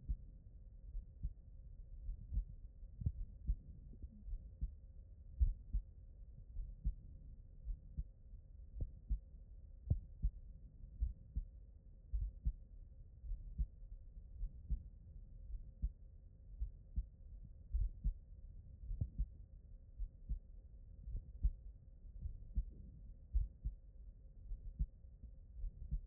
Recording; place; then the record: heart sounds by stethoscope; pulmonary valve (PV)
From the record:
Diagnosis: non-HFrEF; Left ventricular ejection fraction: 67%